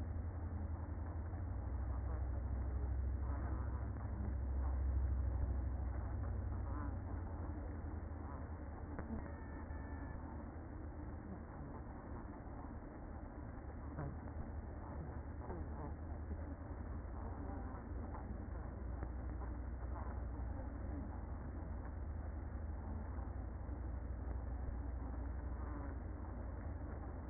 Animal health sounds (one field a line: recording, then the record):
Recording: honeybee colony, microphone inside the hive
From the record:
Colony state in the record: queen present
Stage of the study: after two queens were removed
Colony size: about 60,000 bees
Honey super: yes